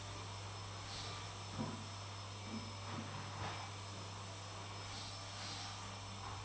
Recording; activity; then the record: daily activity, microphone in the room; vacuum cleaning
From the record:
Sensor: 1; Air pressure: 1000.2 hPa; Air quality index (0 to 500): 139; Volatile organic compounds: 2 ppm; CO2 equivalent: 1307 ppm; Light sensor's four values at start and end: 33/82/35/42 and 33/82/35/42